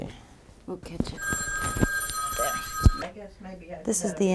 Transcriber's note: a telephone rings